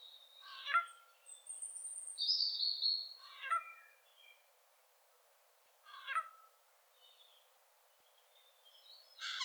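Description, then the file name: Eurasian jay giving rasping screeches at intervals, mixed with a higher whistled, slurred phrase and a faint thin note. "Garrulus glandarius"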